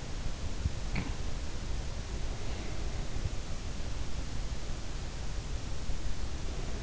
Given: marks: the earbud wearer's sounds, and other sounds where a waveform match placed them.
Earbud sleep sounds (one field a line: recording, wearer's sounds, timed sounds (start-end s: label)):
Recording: sounds in sleep by an in-ear microphone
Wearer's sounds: cough or throat clearing or sniffle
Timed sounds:
0.41-1.21 s: cough or throat clearing or sniffle